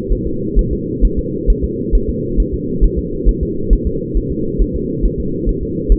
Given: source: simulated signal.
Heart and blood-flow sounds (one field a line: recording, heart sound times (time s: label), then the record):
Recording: fetal heart sounds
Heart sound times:
0.12 s: S1
0.27 s: S2
0.59 s: S1
0.73 s: S2
1.05 s: S1
1.19 s: S2
1.50 s: S1
1.64 s: S2
1.95 s: S1
2.09 s: S2
2.40 s: S1
2.54 s: S2
2.84 s: S1
2.99 s: S2
3.29 s: S1
3.43 s: S2
3.73 s: S1
3.87 s: S2
4.17 s: S1
4.32 s: S2
4.62 s: S1
4.76 s: S2
5.06 s: S1
5.20 s: S2
5.49 s: S1
5.63 s: S2
5.92 s: S1
From the record:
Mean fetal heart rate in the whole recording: 135 bpm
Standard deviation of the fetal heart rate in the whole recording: 3 bpm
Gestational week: 36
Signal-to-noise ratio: -6.6 dB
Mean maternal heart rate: 72 bpm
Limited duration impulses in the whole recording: present